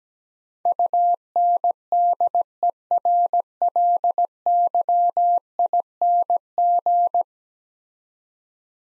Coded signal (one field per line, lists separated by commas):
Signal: Morse code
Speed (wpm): 17 wpm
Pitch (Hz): 700 Hz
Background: none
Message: UNDERLYING